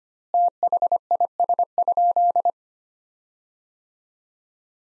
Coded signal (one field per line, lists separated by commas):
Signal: Morse code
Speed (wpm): 25 wpm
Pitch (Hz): 700 Hz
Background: none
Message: THIS?